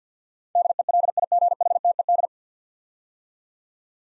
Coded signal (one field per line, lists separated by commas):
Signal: Morse code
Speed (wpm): 50 wpm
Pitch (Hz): 700 Hz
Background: none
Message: DELIGHTED